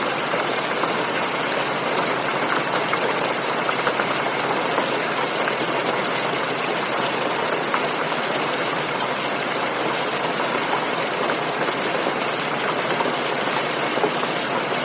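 Heavy rain pours in a steady, dense roar, a constant hiss of countless drops with no breaks or swells across the whole stretch.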